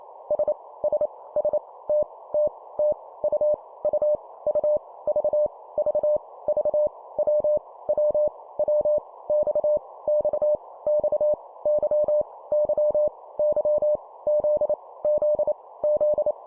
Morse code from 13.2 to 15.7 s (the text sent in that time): Y Z Z